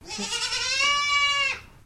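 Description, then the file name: Boer goat kid giving a single drawn-out nasal baa, steady and wavering slightly, lasting about one and a half seconds before cutting off. A young Boer goat kid bleating. "GOAT BOER KID SMITHY"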